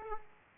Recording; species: mosquito wingbeat signal from an infrared sensor; Aedes aegypti